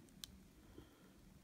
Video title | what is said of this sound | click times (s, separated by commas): HO Scale Proto 2000 S1 Pennsylvania cleaning and lubrication | will come in and it will snap into place also, | 0.2 s